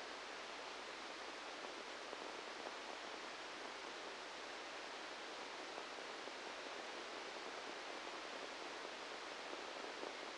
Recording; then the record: brain microelectrode recording played as sound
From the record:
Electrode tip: outside the subthalamic nucleus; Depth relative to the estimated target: -6 mm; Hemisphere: right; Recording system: NeuroSet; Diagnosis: Parkinson's disease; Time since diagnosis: 7 years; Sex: male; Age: 44 years